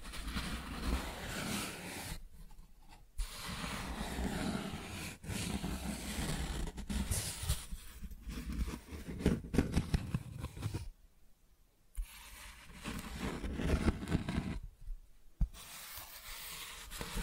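Cardboard being scratched and dragged, with rough, grainy rubbing strokes that surge and fade irregularly. Several short pauses break the sound, near 2, 11 and 15 seconds, and sharp little snaps and ticks punctuate the scraping throughout.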